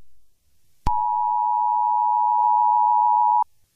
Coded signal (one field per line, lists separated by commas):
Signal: Emergency Alert System (SAME) tones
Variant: 853 and 960 Hz attention tone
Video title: EAS Scenario - Autism